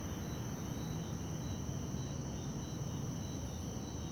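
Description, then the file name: Crickets trill continuously at high pitch with repeated pulsed chirps, over a low, steady rumble. Night in Beija Flor park. "Ambiencia parque beija flor a noite com grilos, passos na grama, aviao passando e depois transito longe"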